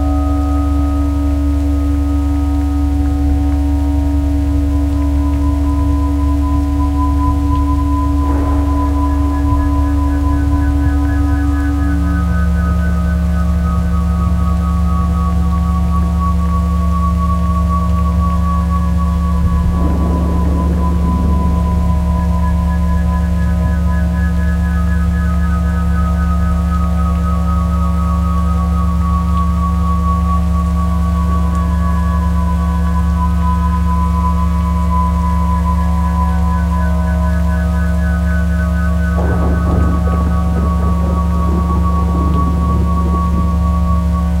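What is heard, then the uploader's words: Steady layered tones hum continuously, a middle pitch dropping lower near twelve seconds, with soft rain-like rustles swelling briefly around eight, twenty and forty seconds. Solfeggio Frequency 963 Hz Down To 63 Hz.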